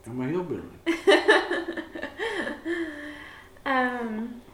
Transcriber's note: laughs